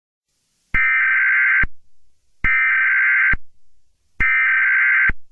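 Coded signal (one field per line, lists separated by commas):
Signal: Emergency Alert System (SAME) tones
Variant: header bursts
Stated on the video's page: Fictional found-footage alert recreation.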